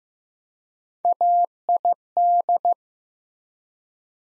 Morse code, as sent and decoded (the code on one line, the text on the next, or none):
.- .. -..
AID